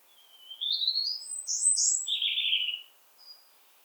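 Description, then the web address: European robin singing one thin, high warbled phrase: a rising whistle climbing into very high twittering notes, then a lower rushing trill, and a soft, faint closing note. "SETE data Erithacus rubecula"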